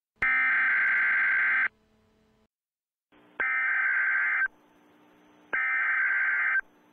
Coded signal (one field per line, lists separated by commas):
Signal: Emergency Alert System (SAME) tones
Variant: header bursts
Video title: EAS | Nuclear Attack Scenario #4